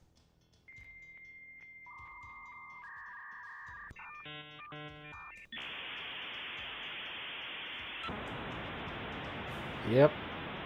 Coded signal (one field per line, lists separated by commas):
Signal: dial-up modem handshake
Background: speech